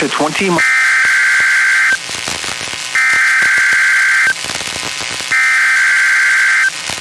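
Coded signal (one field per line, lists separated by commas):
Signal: Emergency Alert System (SAME) tones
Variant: header bursts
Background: speech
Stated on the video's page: NOAA Weather Radio weekly tests from stations at Reynoldsville and Clearfield.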